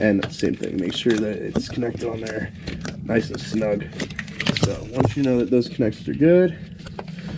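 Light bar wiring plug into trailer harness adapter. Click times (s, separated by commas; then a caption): 7.0 s. Someone talks while the plastic wiring connector of a light bar is pushed onto the end of a tow harness adapter. A sharp click at about 7.0 s marks the connector latching and seating in place.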